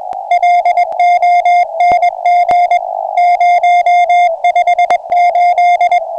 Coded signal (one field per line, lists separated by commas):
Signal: Morse code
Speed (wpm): 21 wpm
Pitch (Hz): 710 Hz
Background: music, radio noise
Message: LONG 058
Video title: Marinha Uruguaia CW 8.602 Khz - Aviso aos Navegantes: homem ao mar sem salva vidas.